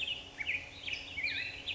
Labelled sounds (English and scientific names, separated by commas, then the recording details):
Black-headed Grosbeak (Pheucticus melanocephalus)
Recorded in Sonoma County, California